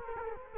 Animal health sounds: mosquito wingbeat signal from an infrared sensor; Culex quinquefasciatus

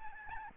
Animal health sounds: mosquito wingbeat signal from an infrared sensor; Aedes albopictus

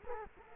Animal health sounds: mosquito wingbeat signal from an infrared sensor; Culex quinquefasciatus

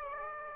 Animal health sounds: mosquito wingbeat signal from an infrared sensor; Aedes aegypti

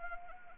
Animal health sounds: mosquito wingbeat signal from an infrared sensor; Anopheles arabiensis

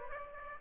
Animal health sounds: mosquito wingbeat signal from an infrared sensor; Aedes aegypti

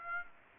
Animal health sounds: mosquito wingbeat signal from an infrared sensor; Aedes aegypti

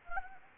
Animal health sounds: mosquito wingbeat signal from an infrared sensor; Anopheles gambiae

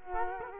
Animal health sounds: mosquito wingbeat signal from an infrared sensor; Culex quinquefasciatus

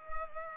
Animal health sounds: mosquito wingbeat signal from an infrared sensor; Culex pipiens

